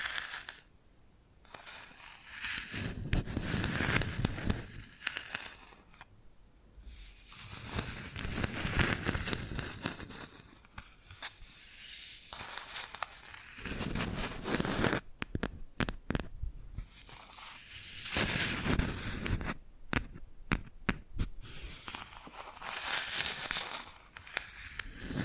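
Bamboo being scratched and brushed in rough, dense bursts of dry rasping that come and go every few seconds, with short quiet gaps between. Around the middle and near the end, sharp taps and clicks break in, some in quick clusters.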